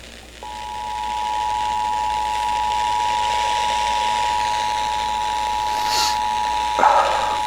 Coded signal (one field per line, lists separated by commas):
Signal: Emergency Alert System (SAME) tones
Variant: 853 and 960 Hz attention tone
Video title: Tornado Warning 5 On KSD-FM 5/19/2025 (EAS #2,901)